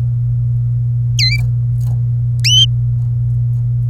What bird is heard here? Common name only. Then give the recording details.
Domestic Canary. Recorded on 27 April 2018 at 07:18. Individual llb3